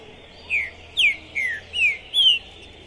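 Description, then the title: Green-winged saltator song: five loud, clear descending whistled notes, evenly spaced about half a second apart. Captive trinca-ferro singing and calling to warm up for a singing contest, at the tournament entrance; 2021. "ESQUENTAR Seu TRINCA Piando, Cantando E Macheando Na DISPUTA. TRINCA FERRO PORTA do TORNEIO Trinca Ferro Pistoleiro 2021"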